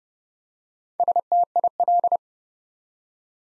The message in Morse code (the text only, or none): STIL